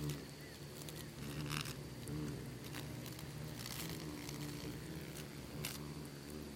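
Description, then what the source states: Insects swarming produce a continuous low, wavering drone, broken by sharp crackling clicks and brief rustles. Bugs and beetles swarming in the Namib desert, which seems quiet at first listen but is full of micro-sounds.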